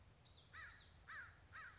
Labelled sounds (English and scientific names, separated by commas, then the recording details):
American Crow (Corvus brachyrhynchos)
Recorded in Sonoma County, California